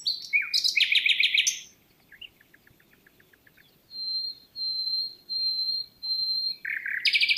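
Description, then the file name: Common nightingale song: a loud, rapid buzzy trill, a soft series of clicking notes, then long pure whistles repeated four times before a sharp trill. "Luscinia megarhynchos"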